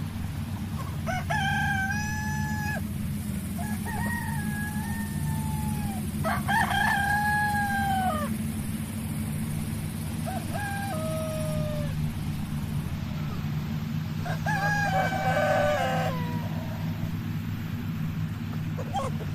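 Farm animals call out over a steady low rumble, with several drawn-out rising and falling cries, rooster-like, at about two, seven, eleven and fifteen seconds.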